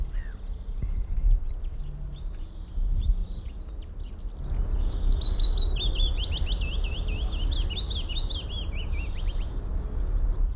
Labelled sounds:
Willow Warbler

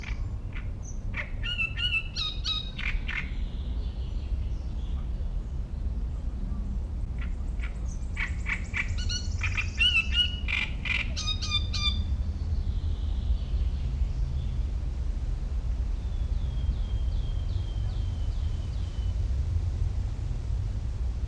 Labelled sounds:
Great Reed Warbler

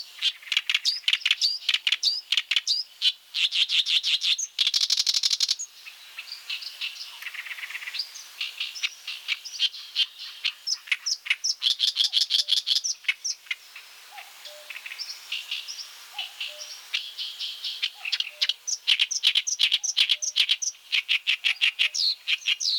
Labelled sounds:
Oriental Reed Warbler song

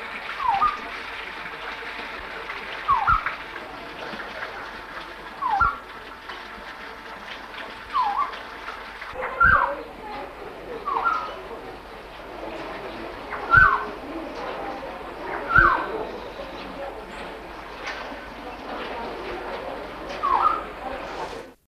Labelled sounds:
Black-faced Friarbird call

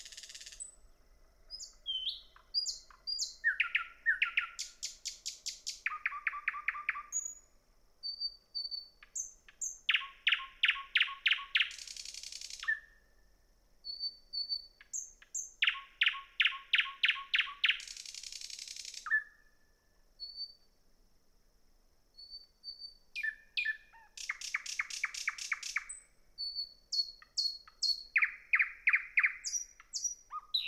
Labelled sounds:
Thrush Nightingale song

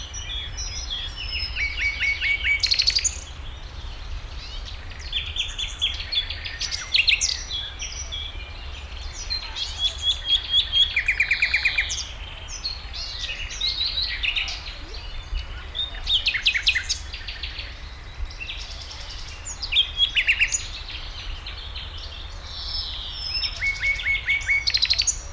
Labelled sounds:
Garden Warbler

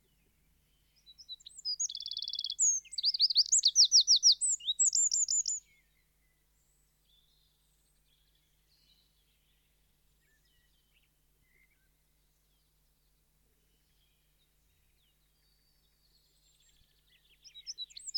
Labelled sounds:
Eurasian Wren song

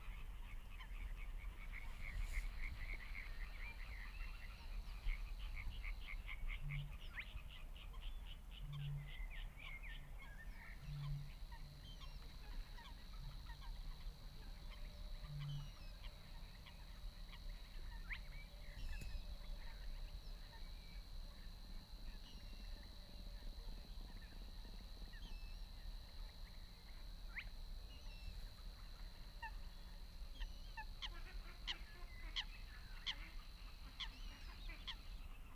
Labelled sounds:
Spotted Crake

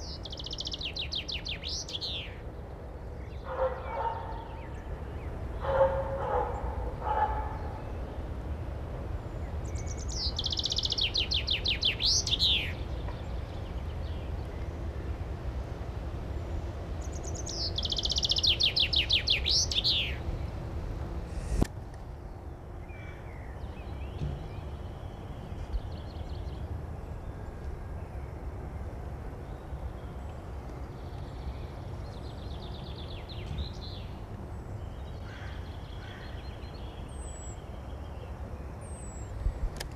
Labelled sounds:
Common Chaffinch song

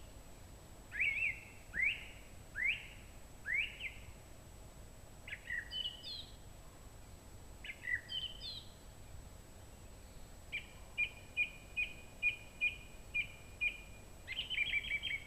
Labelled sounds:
Song Thrush song

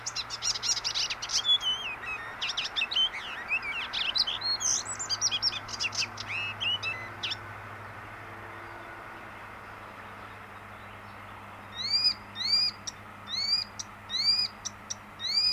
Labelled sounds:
Icterine Warbler

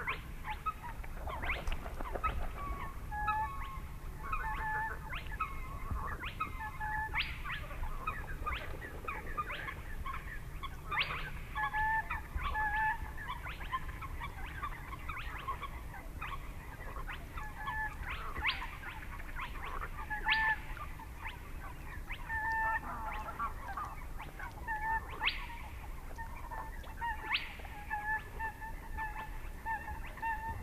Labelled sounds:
Spotted Crake

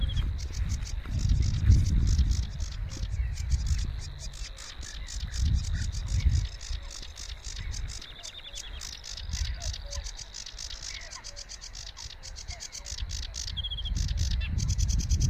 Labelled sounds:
Sedge Warbler song

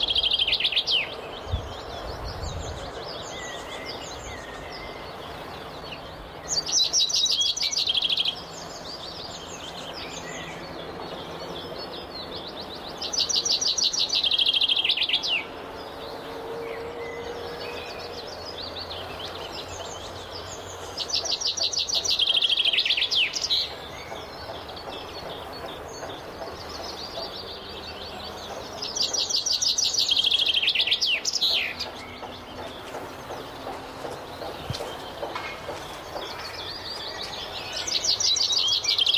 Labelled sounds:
Common Chaffinch song

